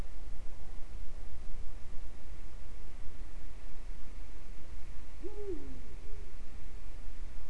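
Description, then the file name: Eurasian eagle-owl hoot, one low call with a quick upward swoop and falling tail, arriving late against constant low-frequency hum. Recorded in Øygarden, Vestland, Norway, in 2020. "hubro oygarden 2020"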